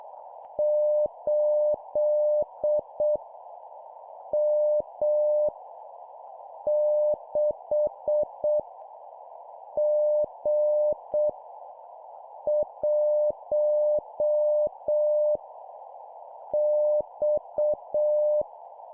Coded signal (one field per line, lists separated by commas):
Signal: Morse code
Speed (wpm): 6 wpm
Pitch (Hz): 600 Hz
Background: none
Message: 8 M 6 G 1 X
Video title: 7wpm Random Letter Number, CW morse code Copy Speed improvement